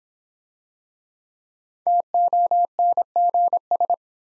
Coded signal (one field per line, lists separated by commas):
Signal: Morse code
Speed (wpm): 26 wpm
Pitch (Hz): 700 Hz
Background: none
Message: TONGS